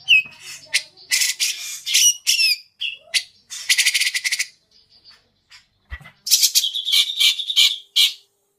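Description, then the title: Grey-cheeked bulbul uttering a mix of harsh squawks, short whistles and buzzy rattles in uneven bursts, ending in a chattering sequence. Tutor song for teaching birds, long duration. "Cucak Jenggot Masteran Durasi Panjang"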